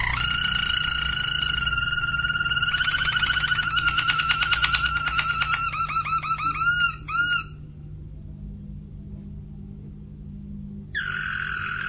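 Domestic canary song with steady rolling tours giving way to pulsed trills and quick looping notes, a gap, then another sustained tour.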